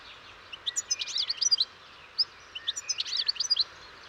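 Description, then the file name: European goldfinch song: two soft bursts of quick, jingling twitters with scattered single chirps, heard against a faint steady hiss. "Carduelis carduelis"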